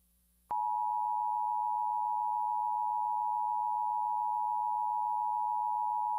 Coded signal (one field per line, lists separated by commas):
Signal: Emergency Alert System (SAME) tones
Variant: 853 and 960 Hz attention tone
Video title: EAS and Weatherscan - Severe Thunderstorm Warning - 8:25pm 12/23/2015